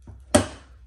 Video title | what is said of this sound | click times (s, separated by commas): 2016+ Honda Civic Side Marker Upgrade - Auxito Sequntial LED Side Marker Lights - How To - W Link | and like that it just pops right in it's nice and flush it's doing its thing | 0.4 s